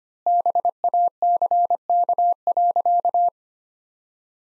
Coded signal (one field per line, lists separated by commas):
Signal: Morse code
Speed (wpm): 25 wpm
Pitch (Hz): 700 Hz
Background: none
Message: BACK.